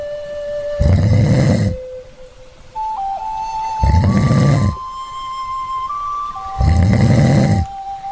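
A person snores loudly three times at a slow, steady rhythm, each rasping snore separated by a pause filled with a thin, wavering whistle-like tone.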